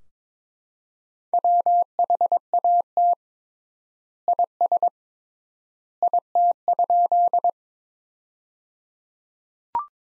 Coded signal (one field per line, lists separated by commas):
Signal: Morse code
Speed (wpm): 21 wpm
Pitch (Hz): 700 Hz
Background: none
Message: WHAT IS IT?